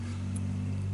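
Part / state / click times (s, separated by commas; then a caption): plastic shield piece onto miniature figure / seated / 0.4 s. A plastic shield piece is pressed onto a plastic miniature figure and snaps on with a short, sharp click at 0.4 s. A steady low hum runs underneath the whole clip, and the shield piece is seated.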